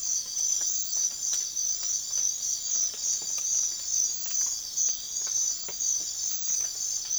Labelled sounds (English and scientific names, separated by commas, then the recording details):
none
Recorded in secondary vegetation near Puerto Asís, Putumayo, Colombia, on 25 June 2025 at 04:00
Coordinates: 0.500, -76.326
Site GP08